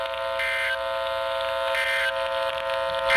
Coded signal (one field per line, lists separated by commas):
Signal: Emergency Alert System (SAME) tones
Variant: end-of-message bursts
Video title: The WEIRDEST EAS event EVER [EAS Alerts 121 - 132] 6/2/22